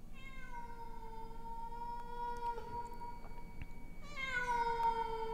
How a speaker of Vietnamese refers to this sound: Bất giác ở trên mái nhà, tiếng con mèo hồi nãy lại vang lên đến não lòng, réo rắt làm cho Nguyệt lạnh gáy.